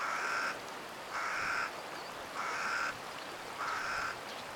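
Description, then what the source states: Crow cawing: four harsh caws, evenly spaced, over a steady rushing stream. Middle reaches of the Tama River, Japan; crows heard occasionally partway through a stream recording, as unintended background.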